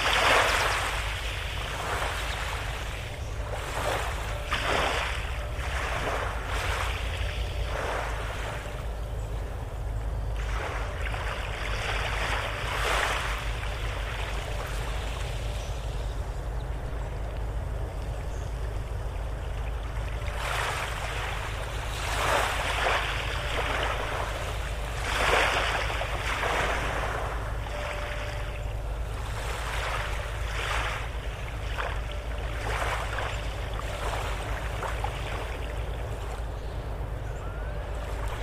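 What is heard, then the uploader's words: Water slaps and sloshes against a dock in irregular bursts, clustered around the fifth, tenth, twentieth and late-twenties seconds. Beneath the splashes runs a steady low rumble, possibly wind or an engine, keeping the scene dense and unbroken throughout. Soothing Water Sounds by Dock.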